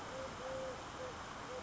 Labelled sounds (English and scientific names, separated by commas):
Eurasian Collared Dove (Streptopelia decaocto)